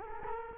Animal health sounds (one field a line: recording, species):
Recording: mosquito wingbeat signal from an infrared sensor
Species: Culex quinquefasciatus